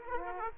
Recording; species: mosquito wingbeat signal from an infrared sensor; Aedes aegypti